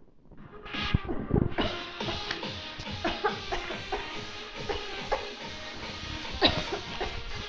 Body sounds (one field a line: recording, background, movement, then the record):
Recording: voluntary coughing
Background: music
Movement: walking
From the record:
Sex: female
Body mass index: 18.8 kg/m2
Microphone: on the chest, facing the body